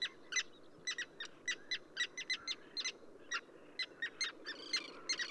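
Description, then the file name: Common tern calls, short sharp notes repeated rapidly in uneven runs, over a soft background hiss. Subspecies minussensis, recorded at Ögii Nuur, Mongolia. "ctern-minussensis mng ogi-nuur"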